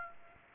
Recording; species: mosquito wingbeat signal from an infrared sensor; Aedes aegypti